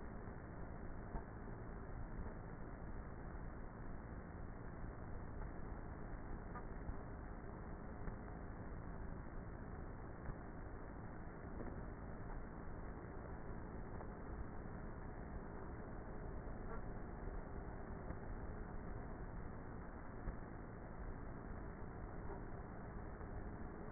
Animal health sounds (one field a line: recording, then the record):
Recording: honeybee colony, microphone inside the hive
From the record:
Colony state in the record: queenless with a low population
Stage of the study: before two queens were removed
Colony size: about 30,000 bees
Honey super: no